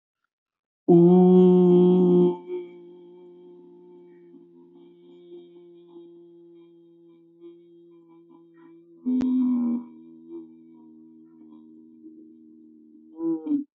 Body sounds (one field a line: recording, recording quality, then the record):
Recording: sustained vowel as in boot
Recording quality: excellent, no background noise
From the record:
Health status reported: respiratory illness, not identified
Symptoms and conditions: asthma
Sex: male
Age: 24 years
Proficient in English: yes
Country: India